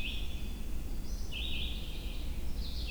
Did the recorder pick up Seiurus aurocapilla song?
no